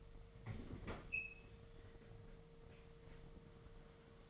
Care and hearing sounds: daily activity, microphone in the room; open fridge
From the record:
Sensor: 4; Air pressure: 1015.8 hPa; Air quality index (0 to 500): 186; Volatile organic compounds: 9 ppm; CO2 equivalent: 2144 ppm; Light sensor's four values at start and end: 15/35/15/15 and 10/22/9/9

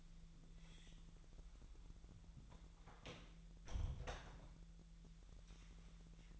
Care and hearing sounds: daily activity, microphone in the room; close door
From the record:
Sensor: 3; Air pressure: 1001.1 hPa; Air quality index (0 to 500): 248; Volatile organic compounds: 177 ppm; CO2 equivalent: 4132 ppm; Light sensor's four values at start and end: 7/17/6/6 and 7/17/6/6

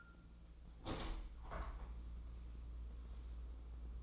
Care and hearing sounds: daily activity, microphone in the room; open window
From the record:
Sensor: 1

